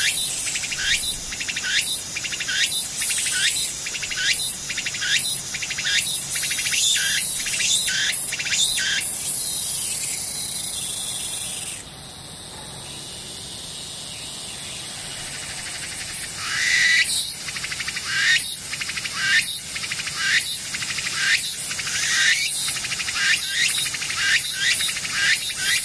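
Insects chirp in fast, regular bright pulses, pausing around twelve to sixteen seconds where a softer steady hiss remains, then resuming.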